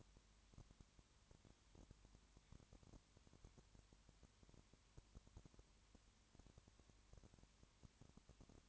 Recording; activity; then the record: daily activity, microphone in the room; no activity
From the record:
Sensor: 3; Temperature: 20.5 degrees Celsius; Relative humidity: 34.6%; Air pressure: 1001.1 hPa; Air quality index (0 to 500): 196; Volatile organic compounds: 6 ppm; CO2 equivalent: 1862 ppm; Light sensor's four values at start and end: 2/3/2/2 and 2/3/2/2